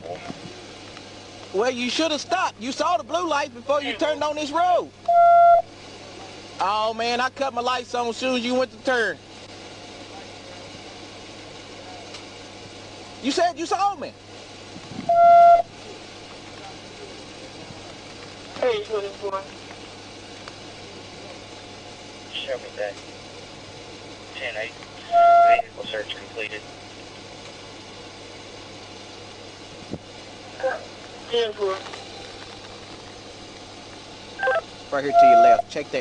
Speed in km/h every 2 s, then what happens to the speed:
0, 0, 0, 0, 0, 0, 0, 0, 0, 0, 0, 0, 0, 0, 0, 0, 0, 0.
0-36 standing.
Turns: none.